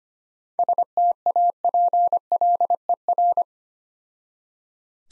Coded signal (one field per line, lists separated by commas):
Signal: Morse code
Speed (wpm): 25 wpm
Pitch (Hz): 700 Hz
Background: none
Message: STAPLER